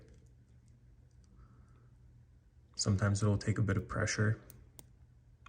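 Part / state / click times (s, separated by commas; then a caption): bushing into RC sway bar link / seated / 4.8 s. A plastic bushing with no rubber O-ring is pressed with firm pressure into the sway bar link end of an RC crawler, a tight fit. Someone talks from about 2.8 to 4.3 s, and then the bushing snaps into place with a sharp click at 4.8 s, followed by another faint click near the end.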